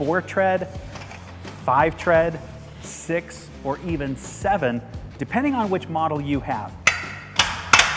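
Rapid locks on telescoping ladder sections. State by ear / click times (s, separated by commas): seated / 7.4 s, 7.7 s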